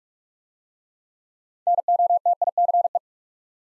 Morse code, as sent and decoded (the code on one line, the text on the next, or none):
-. --- - .. -.-. .
NOTICE